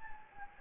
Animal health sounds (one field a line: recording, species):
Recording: mosquito wingbeat signal from an infrared sensor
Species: Anopheles gambiae